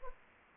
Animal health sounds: mosquito wingbeat signal from an infrared sensor; Anopheles arabiensis

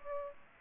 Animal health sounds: mosquito wingbeat signal from an infrared sensor; Aedes aegypti

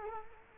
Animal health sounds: mosquito wingbeat signal from an infrared sensor; Culex quinquefasciatus

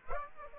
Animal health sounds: mosquito wingbeat signal from an infrared sensor; Aedes aegypti

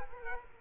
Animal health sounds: mosquito wingbeat signal from an infrared sensor; Culex quinquefasciatus

